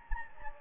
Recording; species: mosquito wingbeat signal from an infrared sensor; Anopheles gambiae